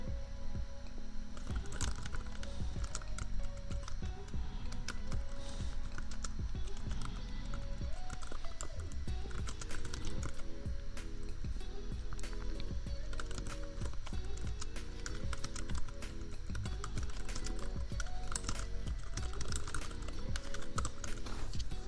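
Keyboard tapping runs steadily through the whole clip, a dense, uneven patter of crisp clicks. Underneath, a mellow lofi beat with a repeating melodic line plays at a constant level, over a low, continuous fan hum.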